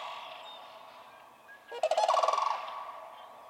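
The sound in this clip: Sandhill crane giving a single short rolling, rattled bugle after a quiet start, the trill pulsing rapidly before fading.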